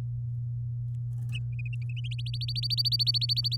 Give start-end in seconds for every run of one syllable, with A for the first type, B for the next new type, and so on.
2.11-3.56 A